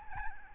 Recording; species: mosquito wingbeat signal from an infrared sensor; Aedes albopictus